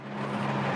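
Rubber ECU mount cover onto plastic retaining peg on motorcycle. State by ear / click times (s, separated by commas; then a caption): not seated / none. On a Yamaha R7 motorcycle, a rubber ECU mount cover is worked over the second plastic retaining peg. A steady low hum and soft broadband rubbing and handling noise build slightly louder, with no sharp sounds. Nothing has seated or clicked yet.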